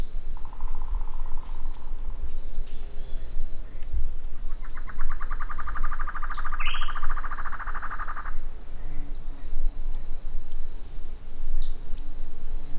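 Bird sounds include a rapid pulsed trill lasting several seconds, short rising chirps and thin high down-slurred notes, over constant low rumbling and a high-pitched hum.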